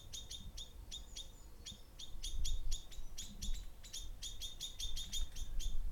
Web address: wikipedia commons Birds songs and cars passing by